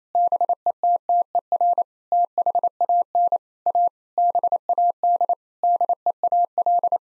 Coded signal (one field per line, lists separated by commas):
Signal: Morse code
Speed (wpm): 27 wpm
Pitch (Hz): 700 Hz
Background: none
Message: BETTER THAN A BAD DEAL